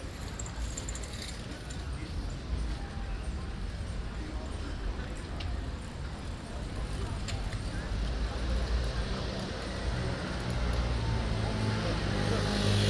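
Outdoors near a big church on a sunny afternoon, voices murmur over a steady low rumble of passing traffic that swells louder toward the end.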